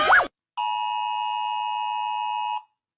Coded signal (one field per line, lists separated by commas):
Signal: Emergency Alert System (SAME) tones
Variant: 853 and 960 Hz attention tone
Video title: EAS alarms animated part one.